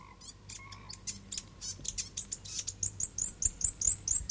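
South Island fantail song: scattered notes and a brief lower whistle at first, then a regular string of high squeaky chirps that grows louder.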